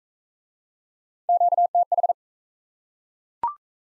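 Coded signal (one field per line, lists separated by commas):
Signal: Morse code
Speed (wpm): 38 wpm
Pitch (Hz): 700 Hz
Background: none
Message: QTH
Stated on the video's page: Morse practice of common QSO elements in speed-racing format, starting fast and slowing to a 28 wpm base speed, with a final repeat at maximum speed.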